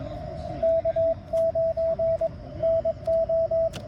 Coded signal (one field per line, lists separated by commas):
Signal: Morse code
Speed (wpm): 22 wpm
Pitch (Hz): 650 Hz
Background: radio noise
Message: K9NO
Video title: VE2ZDX Toolkit for Ham Radio